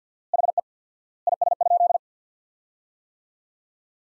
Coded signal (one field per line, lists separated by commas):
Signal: Morse code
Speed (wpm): 48 wpm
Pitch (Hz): 700 Hz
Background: none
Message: HE IS?